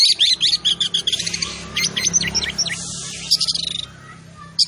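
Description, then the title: Oriental magpie-robin: songbird giving a quick string of clear whistled notes, then short downslurred whistles, another quick burst of notes, then quiet with one last note at the end. Vigorous, persistent 'tembakan' (shooting) song, said to provoke other magpie-robins into fighting song immediately. "Kacer Langsung Tarung Konslet KACER NGOTOT FULL TEMBAKAN. Kacer gacor"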